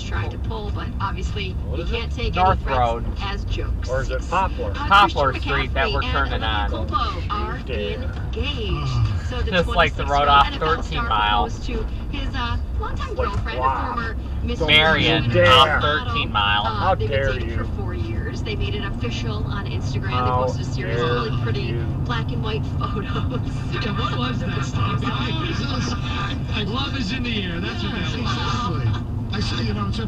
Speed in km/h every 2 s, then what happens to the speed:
23, 19, 24, 27, 23, 21, 26, 35, 40, 45, 47, 47, 42, 40, 39.
2-7 speeds up to 27. 10-20 speeds up to 47. 20-30 slows to 39.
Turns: 7-11.